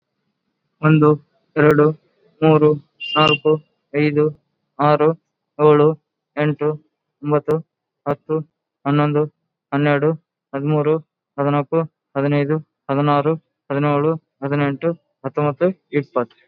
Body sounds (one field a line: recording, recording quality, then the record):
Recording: counting at a normal pace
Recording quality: excellent, no background noise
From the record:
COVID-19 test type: RT-PCR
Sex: male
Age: 28 years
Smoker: no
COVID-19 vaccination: both doses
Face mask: worn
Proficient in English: yes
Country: India